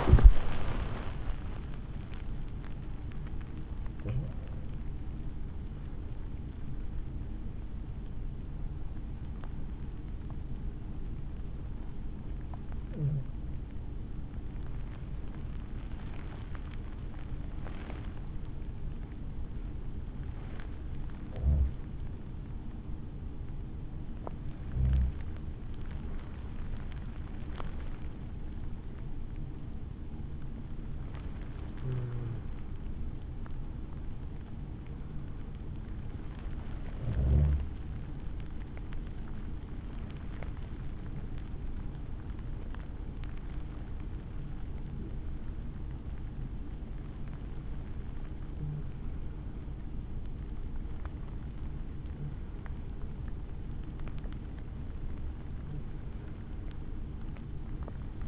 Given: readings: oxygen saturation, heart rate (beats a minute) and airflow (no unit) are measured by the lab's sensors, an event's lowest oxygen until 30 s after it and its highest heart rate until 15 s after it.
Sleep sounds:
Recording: breathing in sleep by a smartphone at the bedside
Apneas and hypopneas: none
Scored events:
0.00-24.00 s: awake
12.00-58.28 s: new sleep stage, N2 (light sleep)
From the record:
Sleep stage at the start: awake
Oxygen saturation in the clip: 95 to 97%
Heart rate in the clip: 51 to 84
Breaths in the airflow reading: 18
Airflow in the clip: -5.8 to 8.9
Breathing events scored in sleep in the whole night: 216 in 7.0 hours asleep

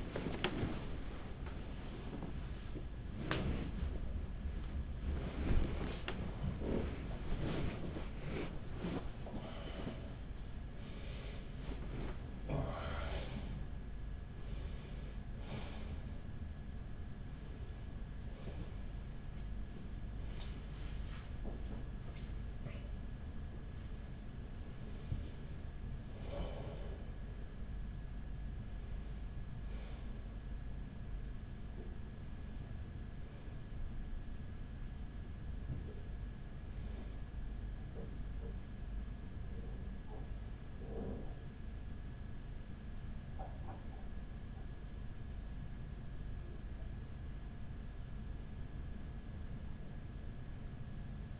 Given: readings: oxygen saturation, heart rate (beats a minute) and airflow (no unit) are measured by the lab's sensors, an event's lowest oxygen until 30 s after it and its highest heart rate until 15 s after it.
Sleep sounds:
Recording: a person awake in a sleep study, by a smartphone at the bedside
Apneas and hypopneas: none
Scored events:
0.00-51.40 s: awake
From the record:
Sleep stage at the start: awake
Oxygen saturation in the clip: 95 to 97%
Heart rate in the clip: 44 to 78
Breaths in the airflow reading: 13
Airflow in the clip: -8.9 to 10.9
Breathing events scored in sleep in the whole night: 207 in 7.6 hours asleep

